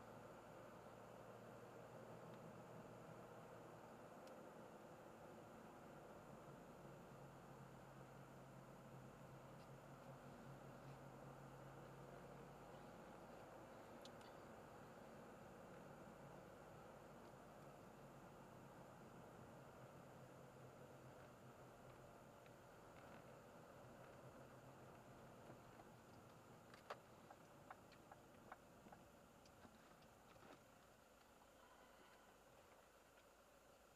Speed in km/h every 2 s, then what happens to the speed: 43, 43, 40, 37, 36, 38, 39, 40, 38, 34, 33, 33, 33, 29, 19, 13, 13.
0-6 slows to 37. 6-15 steady at about 38. 15-18 slows to 34. 18-24 steady at about 33. 24-29 brakes to 13.